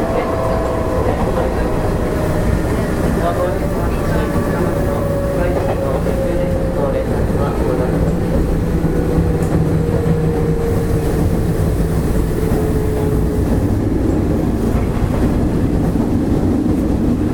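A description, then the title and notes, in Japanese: A Nishi-Nippon Railroad 5000 series train running, heard as a steady, dense low rumble that holds an even level for the whole stretch. A motor whine glides slowly downward from about two to fourteen seconds, with faint clatter and hiss above the rumble throughout. 西日本鉄道 5000系の走行音です。急行 小郡行。区間は薬院から二日市までです。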